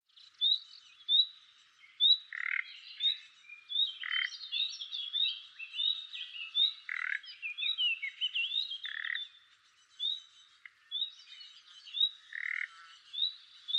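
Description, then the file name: Common nightingale song: repeated short upslurred whistles, with a busier jumble of notes midway and lower, rasping bursts recurring throughout. "Luscinia megarhynchos"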